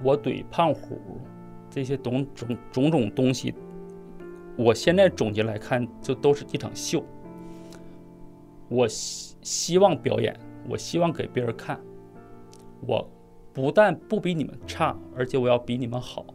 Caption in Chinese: 我口吃，我讲脱口秀。 今年三十五岁，辽宁人，目前在东北的一个三线城市讲脱口秀。 他说自己打记事以来就被口吃的问题困扰着，三十多年来想尽了办法。想要把话说得更流畅一些。